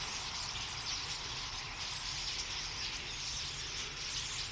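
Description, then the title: Common starlings in a flock, a busy overlapping chorus of high chirps and squeaks with a faint low rumble beneath. Flock singing in a tree in Boldixumstieg, Nieblum, Germany; Zoom H3-VR ambisonic recorder, binaural stereo rendering, edited in Audacity. "Boldixumstieg, 25938 Nieblum, Deutschland - Ein Vogelschwarm Stare. A flock of birds starlings"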